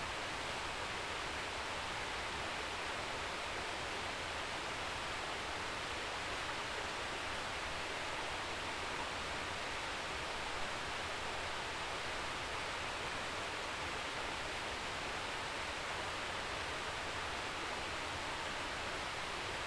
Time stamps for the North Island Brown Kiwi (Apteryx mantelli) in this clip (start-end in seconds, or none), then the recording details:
none. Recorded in New Zealand on 11 December 2011. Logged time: 00:58. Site DD66